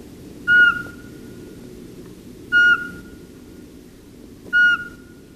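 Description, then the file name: Eurasian Pygmy Owl giving short, clear, level whistled hoots, three notes spaced about two seconds apart, over steady low background rumble. "VARPUSPOLLO"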